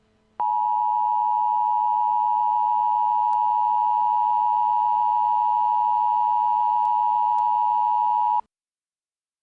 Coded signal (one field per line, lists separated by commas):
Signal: Emergency Alert System (SAME) tones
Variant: 853 and 960 Hz attention tone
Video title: Doctor Who - Steven Universe Crossover Episodes - Emergency Alert System Broadcasts